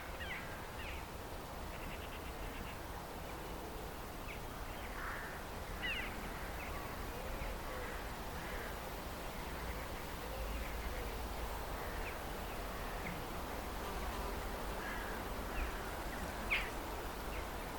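Birds call in the countryside around Rye, with short chirps scattered through the whole stretch and a sharper, louder call near the end. A steady low rumble of wind runs underneath, with a constant hiss filling the background.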